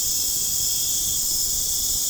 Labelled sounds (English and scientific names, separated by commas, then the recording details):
none
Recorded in pastures near Puerto Asís, Putumayo, Colombia, on 25 June 2025 at 23:30
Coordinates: 0.496, -76.326
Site GP01